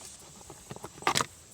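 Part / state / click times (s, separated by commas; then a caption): plastic seat trim cover on seat frame / released / 1.1 s, 1.2 s. A plastic seat-pan trim cover on the seat frame of a 2009 Ford F150 XLT truck is pried off. A few faint ticks come first, then its small snap clips release with two short, sharp clicks at 1.1 s and 1.2 s. The cover is released from the seat.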